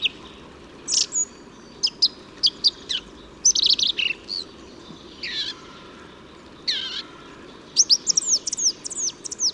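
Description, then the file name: Song thrush song, a string of varied high notes: sharp clicks, whistles and buzzy slurred phrases, each delivered in quick bursts with short gaps, above faint low background noise. "Singdrossel Gesang"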